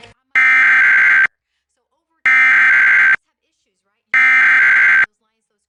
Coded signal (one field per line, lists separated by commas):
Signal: Emergency Alert System (SAME) tones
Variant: header bursts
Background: speech